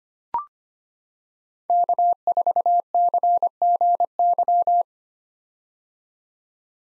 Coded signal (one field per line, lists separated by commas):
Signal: Morse code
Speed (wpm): 25 wpm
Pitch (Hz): 700 Hz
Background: none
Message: K4CGY